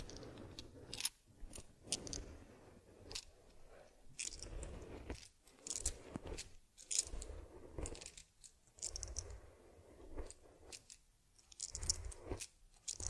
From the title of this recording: Taking Care of Teddy Head Massage, Facial Cleansing, Fur Combing and Ear Cleaning